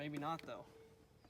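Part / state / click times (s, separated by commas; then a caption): painted mirror cap onto truck tow mirror housing / not seated / none. A painted plastic mirror cap is being handled and pushed onto a Boost Auto Parts tow mirror housing on a Ford F-150 while someone talks. Only speech and faint handling sounds are heard; the cap has not yet snapped on and nothing has seated or clicked.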